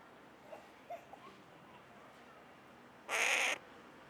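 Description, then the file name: Carrion crow giving a single harsh, hoarse caw about half a second long, after a few faint soft clicks and ticks in a quiet background. "Corvus corone"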